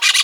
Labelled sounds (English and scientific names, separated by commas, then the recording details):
Brown-throated Parakeet (Eupsittula pertinax) contact call
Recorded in Venezuela
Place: Guárico; Corozopando; Fundo La Fe
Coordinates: 8.506, -67.593